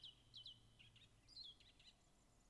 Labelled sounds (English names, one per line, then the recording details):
Song Thrush
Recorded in Germany
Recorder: ecoPi